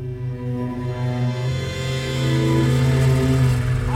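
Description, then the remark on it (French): A truck engine runs steadily with a deep, harmonic rumble at the border with Northern Ireland, its pitch shifting slightly midway before settling into a louder, sustained drone. No voices are heard. “À la frontière avec l'Irlande du Nord, les Britanniques nous ont fait descendre du camion. Coupez le moteur.”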